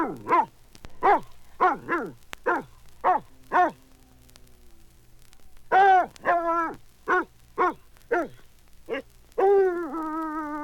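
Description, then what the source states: Bloodhound giving a run of short barks, then longer baying barks and a final long drawn bay, with a low hum beneath. One bloodhound barking and baying.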